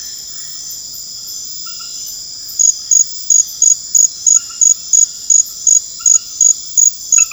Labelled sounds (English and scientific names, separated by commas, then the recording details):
none
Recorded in pastures near Puerto Asís, Putumayo, Colombia, on 12 March 2025 at 23:00
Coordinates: 0.502, -76.324
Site GP07